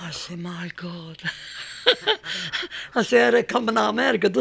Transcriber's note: she laughs